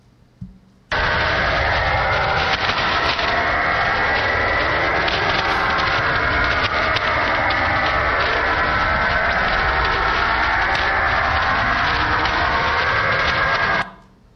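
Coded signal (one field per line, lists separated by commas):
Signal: HF data modem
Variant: STANAG 4285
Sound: steady dense rushing warble for about 13 seconds, starting and stopping abruptly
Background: radio static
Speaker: I'm not sure who all uses Stan egg 4285 but I've seen some of the decodes were from french navy ships basically just telling basic stuff about their coordinates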